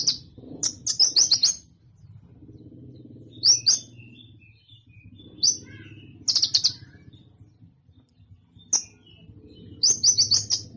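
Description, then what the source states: Sunbird chirps in short, very high clustered bursts of sharp notes, spaced by pauses of one to two seconds, over a faint low hum. Sunbird sound intended for luring birds and provoking them to call.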